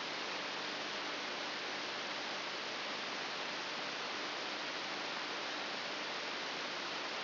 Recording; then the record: brain microelectrode recording played as sound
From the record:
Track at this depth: outside the subthalamic nucleus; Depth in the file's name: 6.501 mm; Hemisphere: right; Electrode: 3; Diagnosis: Parkinson's disease